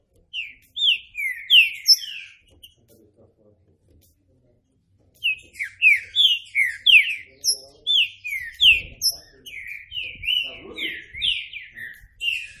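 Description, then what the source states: Green-winged saltator song: two runs of loud, rapid slurred whistles separated by a few seconds of near silence, with faint low rumbles. Classic song style (canto clássico); a training recording.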